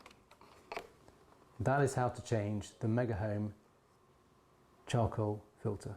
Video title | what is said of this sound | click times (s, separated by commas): How to change the charcoal filter on a Megahome Water Distiller | and press it till it clicks | 0.7 s